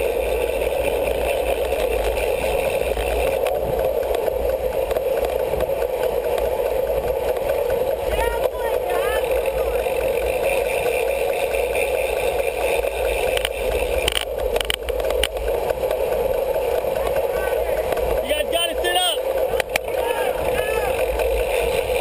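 Audio from a criterium bike race: a steady, dense roar of passing riders and crowd noise runs throughout at an even level. Short bursts of voices break through near 8 seconds, around 14 to 15 seconds, and again near 19 seconds.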